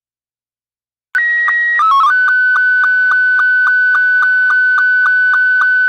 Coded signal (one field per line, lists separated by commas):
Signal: SSTV (slow-scan television)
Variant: Scottie 2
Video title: LCDRA Live Stream - 145.390 Lansing and 146.700 - Slow Scan TV Net